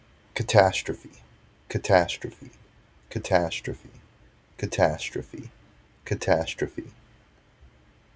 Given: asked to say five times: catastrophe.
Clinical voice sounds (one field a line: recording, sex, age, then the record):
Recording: repeated word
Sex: male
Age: 20 to 29 years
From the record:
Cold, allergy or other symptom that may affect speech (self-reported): no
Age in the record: 22 years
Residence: Virginia, United States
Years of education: 16